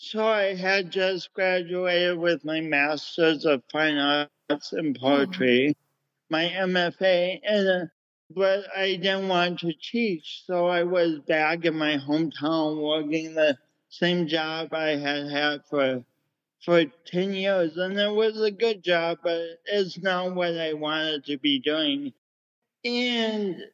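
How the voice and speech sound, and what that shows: Adult male speech with a speech impediment from cerebral palsy: fairly flat in pitch, with stretched sounds and a repeated word, fitting dysarthria.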